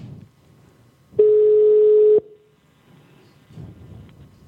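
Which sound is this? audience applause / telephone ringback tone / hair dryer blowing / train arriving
telephone ringback tone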